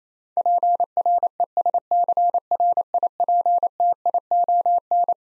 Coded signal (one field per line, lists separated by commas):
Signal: Morse code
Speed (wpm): 29 wpm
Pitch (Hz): 700 Hz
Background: none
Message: PRESCRIPTION